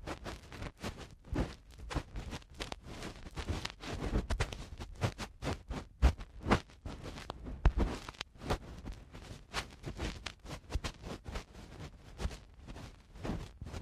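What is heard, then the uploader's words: Eardrum cleaning, a dense run of crackling, scratching and rustling taps that come several times a second for the whole stretch. The scrapes are sharp and bright with a soft low rumble beneath, and the loudness pulses unevenly without pause. ASMR Best Ear Cleaning Collection 2 Hours Eardrum Cleaning (No Talking).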